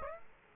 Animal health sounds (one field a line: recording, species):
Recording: mosquito wingbeat signal from an infrared sensor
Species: Aedes aegypti